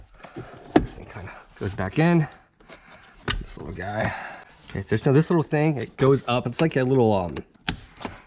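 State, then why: Seated. While the glove box of a Buick Envista (Chevy Trax) goes back in after a cabin filter change, a small plastic glove box damper clip is pushed up onto its dashboard mount as someone talks. Earlier sharp taps occur near 0.8 s and 3.3 s, and the clip snaps back on with a sharp click at 7.7 s, seated.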